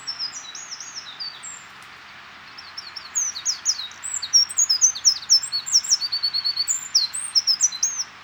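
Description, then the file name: Eurasian wren song: high, rapid warbled notes, first in scattered bursts, then a long loud run of quick notes and trills to the end. "Troglodytes troglodytes"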